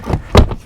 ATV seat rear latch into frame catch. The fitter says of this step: Then push down on the rear of the seat and it'll lock into place for you.